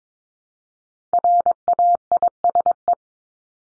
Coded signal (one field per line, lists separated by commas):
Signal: Morse code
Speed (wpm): 22 wpm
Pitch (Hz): 700 Hz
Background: none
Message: RAISE